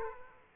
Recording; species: mosquito wingbeat signal from an infrared sensor; Aedes aegypti